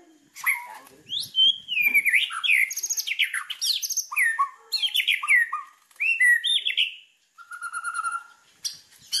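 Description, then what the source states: White-rumped shama song: a rich, varied run of clear whistles, slurred rising and falling notes and chattering phrases with brief pauses between bursts. Lure sound meant to make wild birds respond; the bird sings constantly and energetically.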